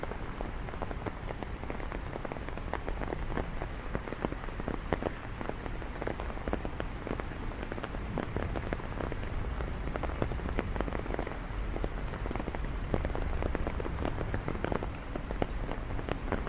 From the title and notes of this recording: Umbrella Rain City Walk. A walk through a rainy city.